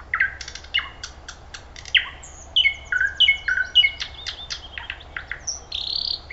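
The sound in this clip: Thrush nightingale song: rapid clicking notes, then sliding whistled notes, ending in a harsher buzzy phrase.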